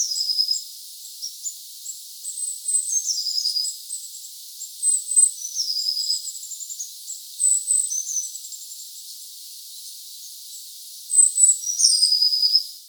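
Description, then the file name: Eurasian blue tit calls: thin, high notes scattered throughout, some sliding downward into short trills, with quieter gaps between bursts. "Cyanistes caeruleus"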